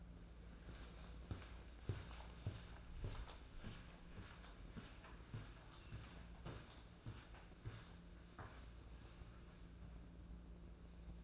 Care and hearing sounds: daily activity, microphone in the room; walk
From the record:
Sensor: 2

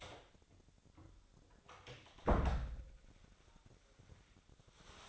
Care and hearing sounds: daily activity, microphone in the room; close door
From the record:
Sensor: 3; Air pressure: 1007.3 hPa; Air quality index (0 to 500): 199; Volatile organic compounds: 16 ppm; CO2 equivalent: 2548 ppm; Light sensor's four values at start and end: 13/30/12/12 and 12/29/12/12

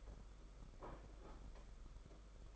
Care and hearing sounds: daily activity, microphone in the room; place plate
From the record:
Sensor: 5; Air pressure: 991.9 hPa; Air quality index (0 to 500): 165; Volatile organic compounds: 388 ppm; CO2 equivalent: 4651 ppm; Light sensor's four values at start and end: 31/106/39/42 and 31/106/39/42

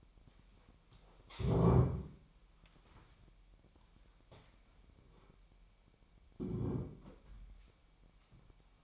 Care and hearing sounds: daily activity, microphone in the room; stand up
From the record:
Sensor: 1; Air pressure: 998.5 hPa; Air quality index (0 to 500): 121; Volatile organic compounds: 3 ppm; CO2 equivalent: 1441 ppm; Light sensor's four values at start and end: 10/23/10/11 and 9/22/9/11

